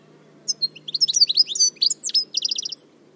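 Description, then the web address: Bird chirping in a quick jumble of high, sharp notes, ending in a fast run of evenly spaced repeated chirps. "Deverinetal"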